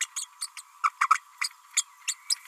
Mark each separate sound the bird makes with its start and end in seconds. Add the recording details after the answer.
0.00-0.06, 0.16-0.25, 0.41-0.47, 0.57-0.61, 0.83-0.90, 1.00-1.09, 1.76-1.83, 2.07-2.14, 2.29-2.37. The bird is a female. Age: 31 days. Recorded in a nest box in Venezuela. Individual 17B32A5